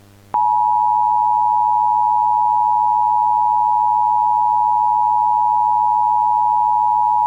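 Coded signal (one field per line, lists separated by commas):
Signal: Emergency Alert System (SAME) tones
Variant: 853 and 960 Hz attention tone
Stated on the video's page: Recreation of the alert using valid EAS tones.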